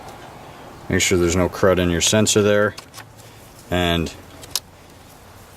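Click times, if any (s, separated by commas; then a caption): 4.6 s. Someone talks while the electrical plug of the intake airflow sensor on a Subaru's air filter housing is pushed back onto the sensor. A short, sharp snap at 4.6 s shows the connector is seated.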